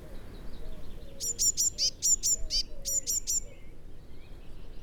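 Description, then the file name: Eurasian blue tit delivering one long string of about a dozen high, quick, repeated notes, with faint low notes and steady background noise. "Cyanistes caeruleus"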